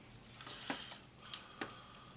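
Someone handles a Canon 28-300mm push-pull zoom lens, pushing the barrel to its shortest length and moving the zoom lock switch, which only engages at that shortest length. A series of small, sharp handling ticks and light rubbing sounds is heard over a quiet background. Nothing has clicked or locked into place yet.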